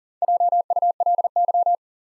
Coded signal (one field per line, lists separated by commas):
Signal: Morse code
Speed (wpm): 42 wpm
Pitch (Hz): 700 Hz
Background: none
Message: JULY